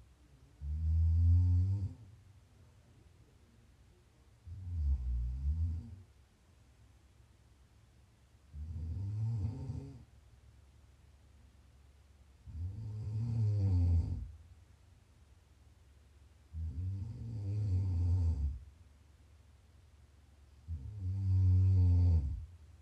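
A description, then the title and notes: Snoring repeats in a slow, regular rhythm, about one long rumbling breath every four seconds, six in all. Each snore is deep and throaty with a fluttering rattle, rising and falling in loudness, separated by near-silent pauses with a faint low hum underneath. ASMR Snoring.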